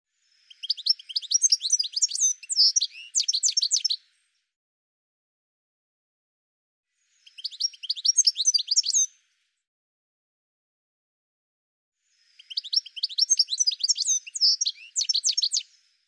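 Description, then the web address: Bird song in three separate bursts of high, jumbled chirping and rapid twittering, each lasting two to four seconds with silent gaps between them. "cianscape birddata"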